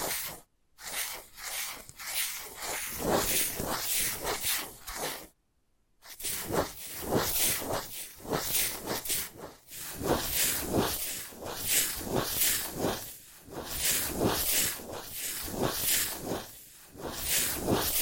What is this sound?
Invisible Tapping, Scratching, Tracing